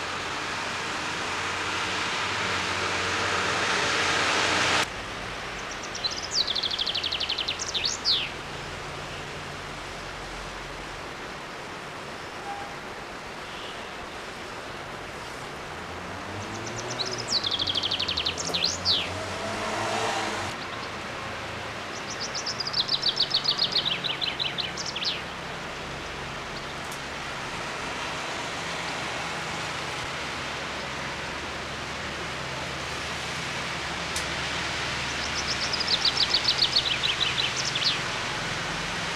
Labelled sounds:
Common Chaffinch (Fringilla coelebs) song
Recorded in the wild
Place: Grindelwald, Bern, CH
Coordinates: 46.6253, 8.03083
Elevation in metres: 1036
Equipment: Uher 4000 Report, Sennheiser MKH 815 T
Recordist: Tretzel, Erwin

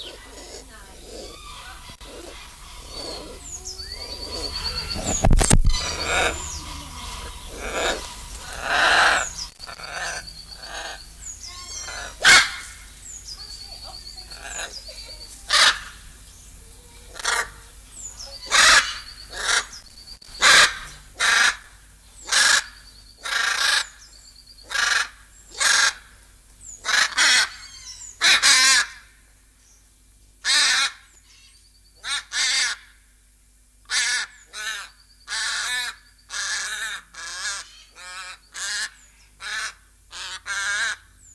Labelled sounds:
Hyacinth Macaw (Anodorhynchus hyacinthinus)
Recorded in captivity
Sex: pair
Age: adult
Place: Tierpark Berlin, Berlin, DE
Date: 2002-03-17 15:25
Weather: sunny, 14°C
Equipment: Sony WM-D6C, Sennheiser MKH 416, Kopie Uher 4000 Report Monitor
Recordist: Tembrock, Günter

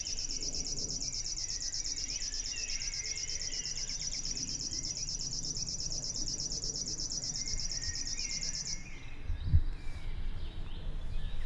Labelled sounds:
River Warbler (Locustella fluviatilis) song
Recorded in the wild
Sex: male
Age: adult
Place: Schönow, Naturpark Barnim, Brandenburg, DE
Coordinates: 52.68, 13.5086
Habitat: wetland
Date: 2007-06-03 20:47
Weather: overcast, ca. 15°C, no wind
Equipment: Sound Devices 702, Sennheiser MKH 416 T, Windkorb
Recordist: Frommolt, Karl-Heinz

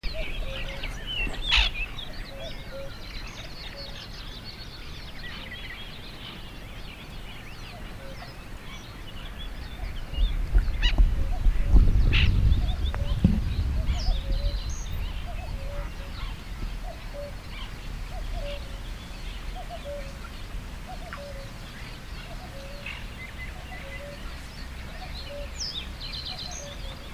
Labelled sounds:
White-winged Tern (Chlidonias leucopterus) call
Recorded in the wild
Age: adult
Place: Zarnekow, Peenetal, Mecklenburg-Vorpommern, DE
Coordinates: 53.8756, 12.8906
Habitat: wetland
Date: 2010-06-08 21:20
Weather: fair, 20°C, weak easterly winds
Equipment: Sound Devices 702, Sennheiser MKH 70, Rycote Windschutz
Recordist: Frommolt, Karl-Heinz

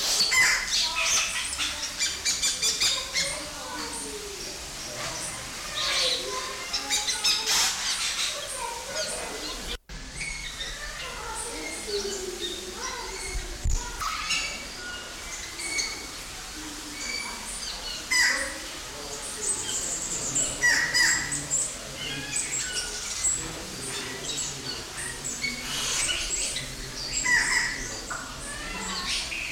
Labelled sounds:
Yellow-rumped Cacique (Cacicus cela)
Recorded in captivity
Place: Zoo Berlin, Berlin, DE
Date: 1992-10-24 11:40
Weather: bedeckt, 4-6°C
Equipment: Marantz CP 430, Sennheiser ME 80, Kopie Tesla B 116
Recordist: Tembrock, Günter

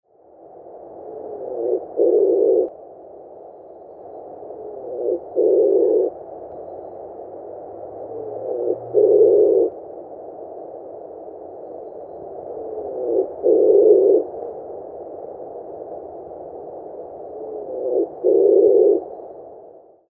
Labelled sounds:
Common Wood Pigeon (Columba palumbus)
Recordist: Tembrock, Günter
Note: Balzlaute

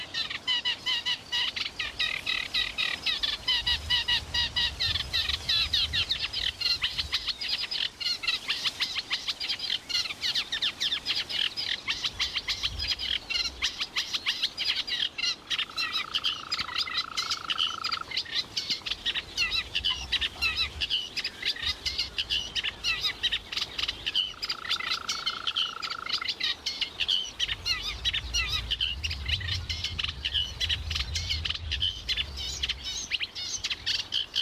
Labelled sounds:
Eurasian Reed Warbler (Acrocephalus scirpaceus)
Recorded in the wild
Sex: male
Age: adult
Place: Berlin, OT Karow, Berlin, DE
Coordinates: 52.6228, 13.4597
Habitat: ponds
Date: 1988-05-29 11:03
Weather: sunny, 25,5°C
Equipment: Nagra SN (Automatik), Kopie Tesla B 116
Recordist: Tembrock, Günter

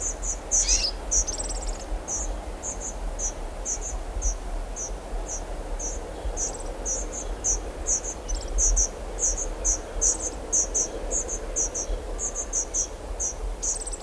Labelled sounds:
European Serin (Serinus serinus) call
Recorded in the wild
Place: Hannover, Niedersachsen, DE
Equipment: Halbspur 19 cm
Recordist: Lütgens, Hans

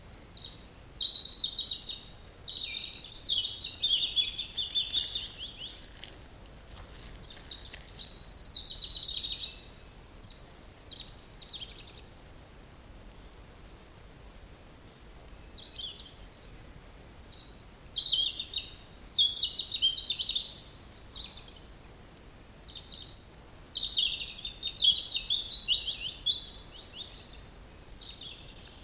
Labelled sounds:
European Robin (Erithacus rubecula)
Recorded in the wild
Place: Groß Schönebeck, Schorfheide, Brandenburg, DE
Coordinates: 52.9, 13.53
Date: 1996-04-07 19:29
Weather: heiter, 15°C, z.T. windig
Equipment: Nagra SN, Sennheiser MKH 416 T, Kopie Uher 4000 Report Monitor
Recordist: Tembrock, Günter
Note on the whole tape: Gesang (gut, längere Strecke), in Fichten am Naturstützpunkt Groß-Schönebeck

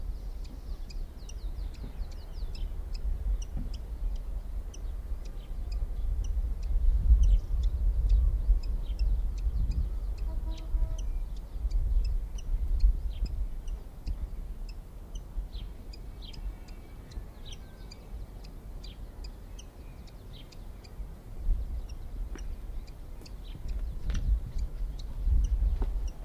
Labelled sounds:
Canary Islands Chiffchaff (Phylloscopus canariensis) call
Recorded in the wild
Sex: female
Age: adult
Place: Puerto de la Cruz, Teneriffa, Teneriffa, Kanarische Inseln, ES
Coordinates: 28.4139, -16.5483
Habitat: park
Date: 1964-04-27 18:00
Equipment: Nagra III PH, LGS26
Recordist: Schneider, Hans-Joachim

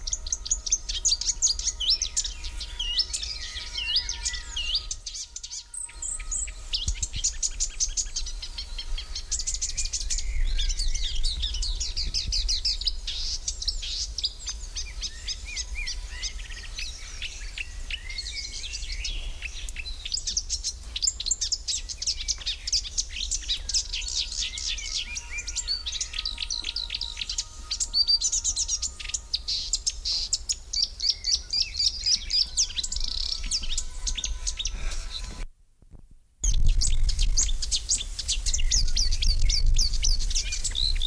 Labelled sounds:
Marsh Warbler (Acrocephalus palustris) song
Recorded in the wild
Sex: male
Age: adult
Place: Lübars (Fließtal), Berlin, DE
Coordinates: 52.6167, 13.35
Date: 1999-06-13 12:20
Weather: fair, 20°C
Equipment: Sony WM-D6C, Sennheiser ME 80, Kopie Uher 4000 Report Monitor
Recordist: Tembrock, Günter

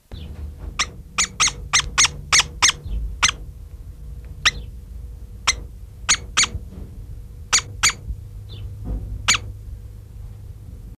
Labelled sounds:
Great Spotted Woodpecker (Dendrocopos major) call
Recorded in the wild
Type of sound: call
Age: juvemile
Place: Ruhr-Zoo Gelsenkirchen, Nordrhein-Westfalen, DE
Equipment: Halbspur, 9,5 cm/s
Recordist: Lütgens, Hans
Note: Fast flügger Junger bettelt

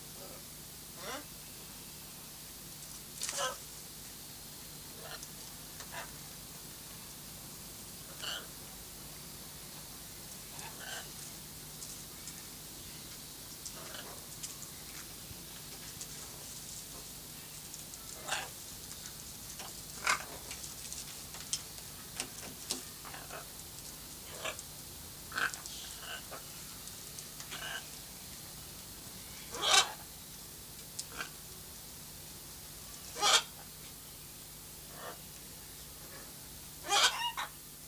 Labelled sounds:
Blue-and-yellow Macaw (Ara ararauna) call
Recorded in captivity
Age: adult
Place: Zoo Berlin, Berlin, DE
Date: 2003-09-16 17:22
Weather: heiter, 25°C
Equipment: Fair Mate ST-1328 (Asahi Electronics, Japan), Sennheiser ME 80, Kopie Uher 4000 Report Monitor
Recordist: Tembrock, Günter

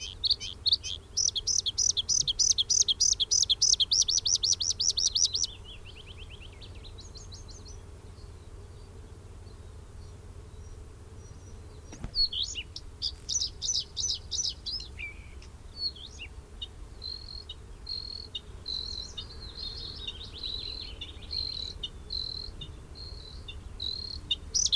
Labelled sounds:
Bluethroat (Luscinia svecica) song
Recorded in the wild
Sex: male
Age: adult
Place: Hallstadt, Bayern, DE
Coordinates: 49.9247, 10.8625
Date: 1964-04-17
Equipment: Vollspur
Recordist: Tretzel, Erwin
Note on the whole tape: Hallstadt Brücke: Blaukehlchen B imitiert: Brachvogel (zu Beginn), Zilpzalp (oft und lang), Grille, Kohlmeise, Gartenrotschwanz, Regenpfeifer

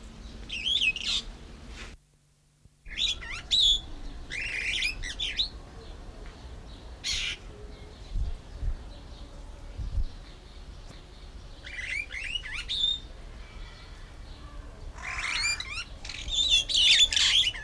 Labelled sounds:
Superb Starling (Lamprotornis superbus)
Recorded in captivity
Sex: male
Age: adult
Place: Zoo Berlin, Berlin, DE
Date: 1993-06-05
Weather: 20-25 °C, sonnig
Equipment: Marantz CP 430, Sennheiser ME 80, Kopie Uher Variocord 263
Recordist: Tembrock, Günter

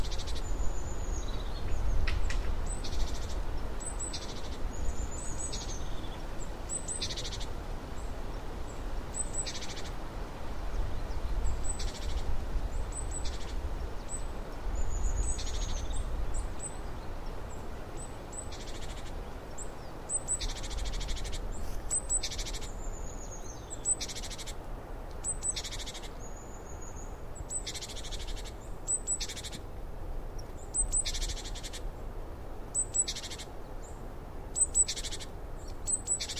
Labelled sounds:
Great Tit (Parus major) call
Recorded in the wild
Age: adult
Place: Bernau bei Berlin, Barnim, Brandenburg, DE
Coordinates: 52.6942, 13.5214
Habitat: mixed forest
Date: 2012-02-26 14:40
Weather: 8°C, clear, moderate winds from N
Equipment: Sound Devices 702, Sennheiser MKH 415 T, Rhode Windschutz
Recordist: Frommolt, Karl-Heinz

